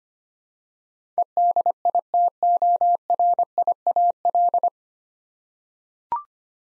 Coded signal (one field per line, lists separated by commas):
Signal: Morse code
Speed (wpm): 25 wpm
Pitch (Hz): 700 Hz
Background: none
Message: EDITORIAL